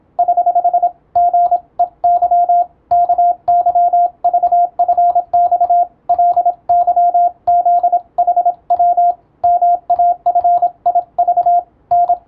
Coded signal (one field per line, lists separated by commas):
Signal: Morse code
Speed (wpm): 27 wpm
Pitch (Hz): 700 Hz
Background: radio noise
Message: <HH> GEY KYVFX LYZHW MAFIV N